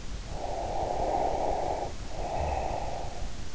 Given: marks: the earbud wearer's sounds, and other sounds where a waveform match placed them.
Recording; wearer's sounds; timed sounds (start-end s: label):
sounds in sleep by an in-ear microphone; breath
0.20-3.42 s: breath